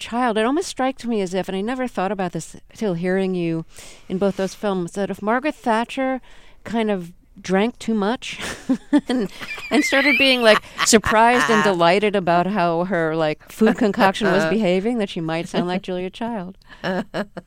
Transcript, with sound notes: It almost strikes me as if, and I never thought about this until hearing you in both those films, that if Margaret Thatcher kind of drank too much...
(LAUGHTER)
...And started being, like, surprised and delighted about how her, like, food concoction was behaving, then she might sound like Julia Child.